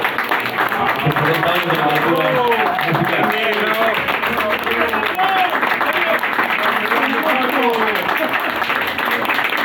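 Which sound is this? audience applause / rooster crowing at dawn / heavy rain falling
audience applause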